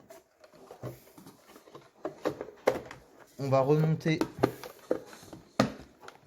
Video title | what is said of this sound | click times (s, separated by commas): réparation d'overboard | voyez là c'est bien clip et on entend bien tac tac | 4.9 s, 5.6 s